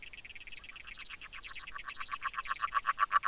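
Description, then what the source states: Agile frog calling underwater, a quick run of soft knocking pulses that grows louder over a few seconds. Singing underwater from 3 a.m. in the deepest part (50 cm) of a pond, Plaine des Maures nature reserve, late January/1 February 2020, mild night; Nagra LB recorder with DPA 8011 hydrophone.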